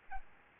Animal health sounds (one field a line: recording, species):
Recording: mosquito wingbeat signal from an infrared sensor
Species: Aedes albopictus